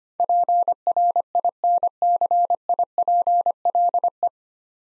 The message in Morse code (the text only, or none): PRINCIPLE